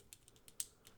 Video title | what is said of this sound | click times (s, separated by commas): S.H. Figuarts SUPER SAIYAN GOTENKS Dragon Ball Z Action Figure Review | this cap piece right here the one that goes up against the crotch will get stuck and then snap into place so you're gonna hear a clicking sound but it's not actually a click | 0.6 s